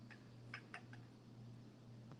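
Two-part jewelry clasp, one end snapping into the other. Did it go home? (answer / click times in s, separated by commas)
no / none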